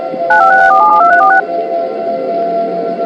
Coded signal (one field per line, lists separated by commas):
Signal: DTMF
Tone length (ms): 110 ms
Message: 956472346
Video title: EAS Scenario - Titan Kitty 2: Vengeance | (Ft. SPCEastCoast1559)